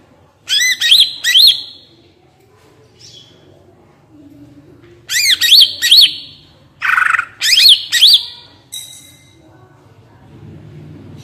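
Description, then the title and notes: Greater green leafbird song: bursts of rapid harmonic chirps with sharp upswept notes in three phrases, the last two close together, with quieter whistled notes between. Lively, melodious singing intended as a master recording for training captive leafbirds; described as gacor, ngentrok, with raised crest (jambul nembak). "Cucak Ijo Gacor Ngentrok Jambul Nembak. suara burung cucak ijo gacor, merdu cocok buat masteran burung cucak ijo"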